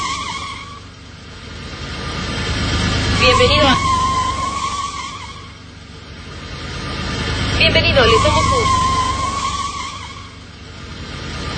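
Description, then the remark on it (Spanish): A car brakes hard twice, each time with a sharp burst and a high tire screech over a rumbling engine that swells and fades. A voice speaks briefly. “Siempre es mejor frenar a tiempo.”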